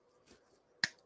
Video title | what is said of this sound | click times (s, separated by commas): EASY unique embroidery on a baby Onesie with a matching keychain! Easy 4x4 Embroidery Project! | and you should hear a click and i kind of give it a good | 0.8 s